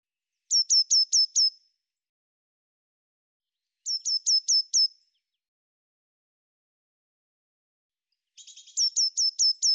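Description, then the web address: Eurasian blue tit giving three short series of four or five high, down-slurred notes; the last series is preceded by a brief buzzy churr. "Deverinetal"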